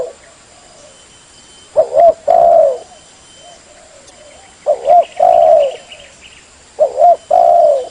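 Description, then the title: Spotted dove cooing in three repeated phrases, each a quick double note and a long coo, with faint high chirps in the background. Song-training (masteran) recording. "SUARA BURUNG DERKUKU MASTERAN BURUNG SUARA DERKUKU. Vubey"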